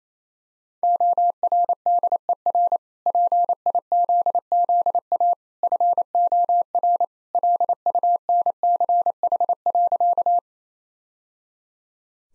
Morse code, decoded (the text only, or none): ORDER PIZZA FOR LUNCH.